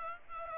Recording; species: mosquito wingbeat signal from an infrared sensor; Aedes aegypti